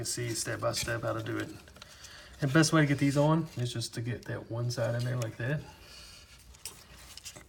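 Someone talks while working one side of a metal retaining clip into place on a car door lock cylinder. After the talking, a couple of brief sharp handling sounds come at about 6.7 and 7.2 seconds. The clip has not snapped or clicked into place yet.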